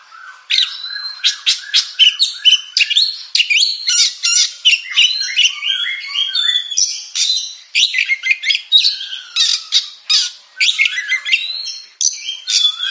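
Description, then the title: Oriental magpie-robin pouring out a busy, chattering song of squeaky, scratchy notes and short whistles. Champion singing bird. "Kicau Burung Kacer Juara"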